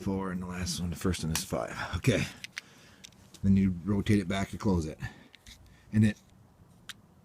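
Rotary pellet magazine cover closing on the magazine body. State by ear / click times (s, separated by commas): seated / 6.9 s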